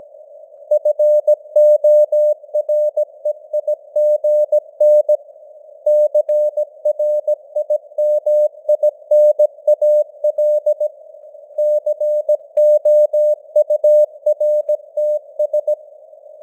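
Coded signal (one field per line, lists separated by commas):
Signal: Morse code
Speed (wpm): 17 wpm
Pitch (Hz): 600 Hz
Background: none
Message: FOREIGN CRIMINAL COURTS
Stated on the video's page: Simulated news headlines at 17 wpm with simulated radio noise and varying signal strength (QSB).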